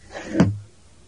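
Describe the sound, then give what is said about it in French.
A window is pushed open in one quick movement, a short scraping rush that ends in a low wooden thump, then quiet. “Et voilà la fenêtre.”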